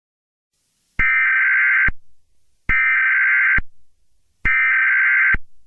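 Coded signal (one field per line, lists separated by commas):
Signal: Emergency Alert System (SAME) tones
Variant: header bursts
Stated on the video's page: Fictional alert scenario.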